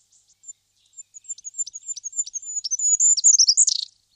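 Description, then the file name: Goldcrest song: very high, thin repeated notes that speed up and grow louder, ending in a brief twittering flourish. "королек-желтоголовый-Каралёк-жоўтагаловы"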